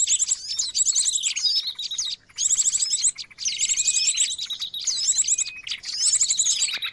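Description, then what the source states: Bird chatter, high-pitched twittering and fast trilled runs packed tightly together, with a few brief silent breaks between noisy bursts of overlapping notes. Noisy birds, used as a lure for catching birds.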